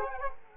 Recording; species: mosquito wingbeat signal from an infrared sensor; Culex quinquefasciatus